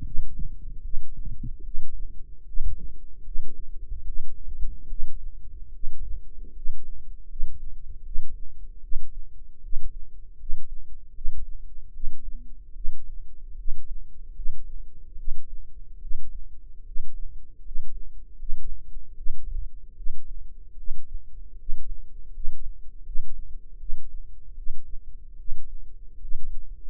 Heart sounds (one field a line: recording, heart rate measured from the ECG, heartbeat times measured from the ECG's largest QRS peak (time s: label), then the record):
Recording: heart sounds by microphone in the left ear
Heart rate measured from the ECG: 76 bpm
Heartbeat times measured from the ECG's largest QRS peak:
0.02 s: heartbeat
0.81 s: heartbeat
1.62 s: heartbeat
2.43 s: heartbeat
3.22 s: heartbeat
4.03 s: heartbeat
4.87 s: heartbeat
5.70 s: heartbeat
6.51 s: heartbeat
7.26 s: heartbeat
8.02 s: heartbeat
8.79 s: heartbeat
9.59 s: heartbeat
10.35 s: heartbeat
11.11 s: heartbeat
11.90 s: heartbeat
12.72 s: heartbeat
13.54 s: heartbeat
14.32 s: heartbeat
15.15 s: heartbeat
15.98 s: heartbeat
16.82 s: heartbeat
17.61 s: heartbeat
18.35 s: heartbeat
19.13 s: heartbeat
19.93 s: heartbeat
20.74 s: heartbeat
21.55 s: heartbeat
22.30 s: heartbeat
23.02 s: heartbeat
23.76 s: heartbeat
24.54 s: heartbeat
25.35 s: heartbeat
26.17 s: heartbeat
26.84 s: heartbeat
From the record:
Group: healthy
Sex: female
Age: 22 years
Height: 171 cm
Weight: 65.6 kg